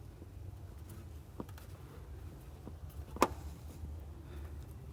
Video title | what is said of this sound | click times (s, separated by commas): How to change Camshaft Position Sensor (CMP) - 2002 Ford F150 | we're going to listen for the snap | 3.2 s